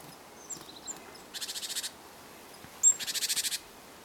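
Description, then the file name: Great tit producing two harsh, pulsing churrs, each under a second long, preceded by a few faint high chips. "Parus major"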